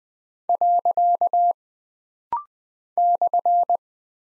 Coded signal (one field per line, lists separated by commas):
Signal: Morse code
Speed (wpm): 20 wpm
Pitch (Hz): 700 Hz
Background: none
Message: . /